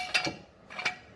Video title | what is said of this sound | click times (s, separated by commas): ACURA RSX OR CIVIC SI - CHANGE THE SERPENTINE BELT AND PULLEY - STEP BY STEP TUTORIAL | raise your jack stand up and it will lock into place | 0.1 s, 0.9 s